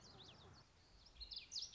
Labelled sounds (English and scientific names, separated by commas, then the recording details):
Common Yellowthroat (Geothlypis trichas)
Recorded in Sonoma County, California